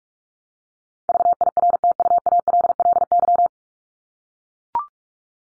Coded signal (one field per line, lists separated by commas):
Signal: Morse code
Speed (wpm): 44 wpm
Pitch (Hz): 700 Hz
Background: none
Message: VIRTUALLY